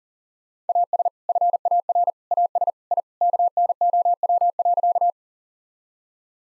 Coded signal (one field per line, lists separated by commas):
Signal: Morse code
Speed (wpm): 40 wpm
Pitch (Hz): 700 Hz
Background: none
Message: AS FAR AS I KNOW.